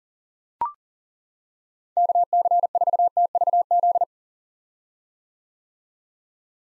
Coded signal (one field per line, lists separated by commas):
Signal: Morse code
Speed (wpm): 40 wpm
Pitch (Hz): 700 Hz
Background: none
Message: KC4TVZ